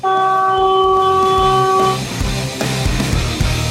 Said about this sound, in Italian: Oh senti, il camion. Come fa, trombe, come fa?